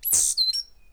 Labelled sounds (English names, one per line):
Stitchbird song